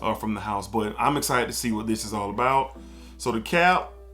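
A man talks while handling the cap of a Bon Parfumeur 502 Iris Cartagena 2024 perfume bottle, about to press it onto the bottle. Music plays faintly underneath. The cap has not snapped into place yet.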